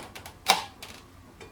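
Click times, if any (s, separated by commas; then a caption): 0.5 s. A grinding bowl is pushed down onto a Homtone electric grinder base and rotated clockwise until it locks, which is required for the machine to run safely. Faint ticks and rubbing sounds lead to one sharp, bright click at 0.5 s, followed by quieter ticks. The bowl is seated and locked into the base.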